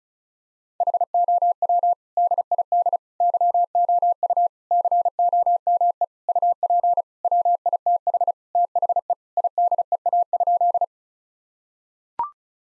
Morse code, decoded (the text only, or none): HOW DID YOU COME UP WITH THE IDEA?